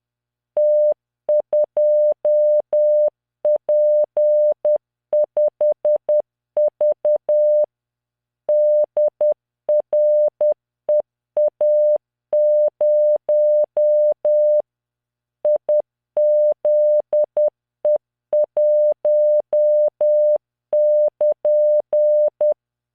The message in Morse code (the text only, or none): T2P5V DREA0 IZE1<KN>